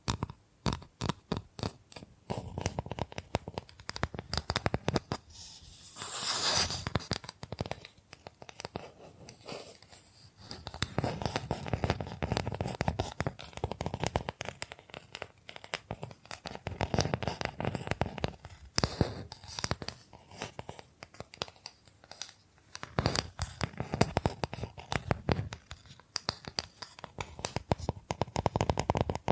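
Bamboo being tapped, scratched and brushed. It opens with a fast run of sharp, regular taps, then moves into dense, rough scratching and brushing strokes that swell and fade in waves, with a bright hissy burst near six seconds and scattered taps throughout.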